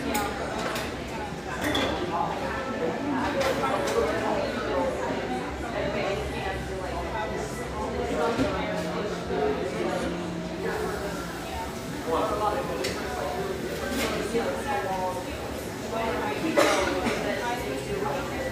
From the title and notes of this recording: Riverside on Portland's east Willamette banks, this industrial neighborhood sports some quality coffeehouses, including this mellow, exposed-brick gem frequented by railyard staff.